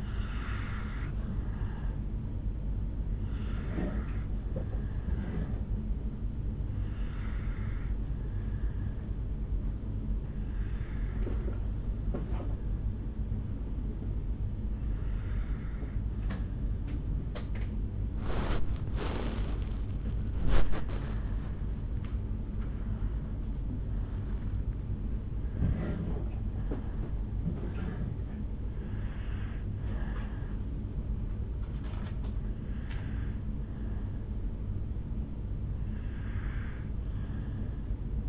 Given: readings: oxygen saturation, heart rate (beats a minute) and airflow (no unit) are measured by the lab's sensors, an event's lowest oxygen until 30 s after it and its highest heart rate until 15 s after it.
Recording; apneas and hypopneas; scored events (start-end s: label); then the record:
breathing in sleep by a smartphone at the bedside; 1
3.00-20.40 s: hypopnea (N2, oxygen 94% highest, then 94% lowest, heart rate 63 at the start, 65 highest)
9.00-38.29 s: new sleep stage, N1 (lightest sleep)
From the record:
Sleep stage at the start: N2 (light sleep); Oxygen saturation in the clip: 79 to 97%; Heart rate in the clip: 50 to 72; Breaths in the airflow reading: 7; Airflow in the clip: -7.5 to 7.0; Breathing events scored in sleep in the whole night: 449 in 7.0 hours asleep